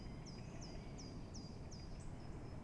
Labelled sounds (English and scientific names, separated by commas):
Common Chiffchaff (Phylloscopus collybita)